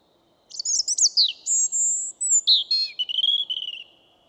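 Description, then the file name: European robin song: a rapid jumble of high twittering notes, then long pure whistles stepping down in pitch, ending in a thin wavering trill. "Erithacus rubecula"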